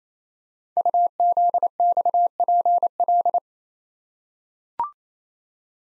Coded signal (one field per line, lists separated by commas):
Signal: Morse code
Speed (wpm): 27 wpm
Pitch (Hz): 700 Hz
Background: none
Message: UZXPL